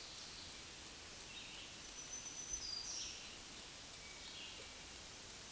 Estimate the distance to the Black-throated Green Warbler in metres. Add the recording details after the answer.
about 30 m. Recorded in a Pennsylvania forest on 1 June 2023 at 07:18. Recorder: AudioMoth, point grid3_2_high. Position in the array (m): 151 m, 30 m